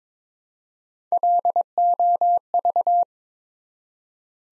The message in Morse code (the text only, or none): LOV